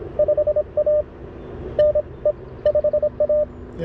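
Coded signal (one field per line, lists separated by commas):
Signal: Morse code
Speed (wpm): 24 wpm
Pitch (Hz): 590 Hz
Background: none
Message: 5A NE 5A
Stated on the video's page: CW Parks On The Air activation on CFT-1 QRP CW radio, WRC antenna, Begali Expedition key; slow activation under poor solar conditions.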